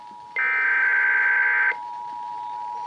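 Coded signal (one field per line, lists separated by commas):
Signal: Emergency Alert System (SAME) tones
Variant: header bursts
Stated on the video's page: Southern Oregon Required Monthly Test relayed via station KVIP.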